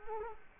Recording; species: mosquito wingbeat signal from an infrared sensor; Culex quinquefasciatus